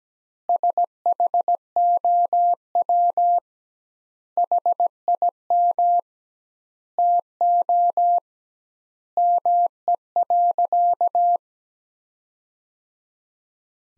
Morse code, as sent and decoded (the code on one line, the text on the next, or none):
... .... --- .-- / .... .. -- / - --- / -- . .-.-.-
SHOW HIM TO ME.